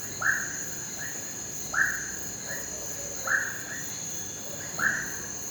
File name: Sapos ambiente rural a noite coro de grilos e cigarras, cachorro longe